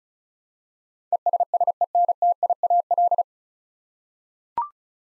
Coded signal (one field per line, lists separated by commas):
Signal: Morse code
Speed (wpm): 36 wpm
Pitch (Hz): 700 Hz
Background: none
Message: ESSENTIAL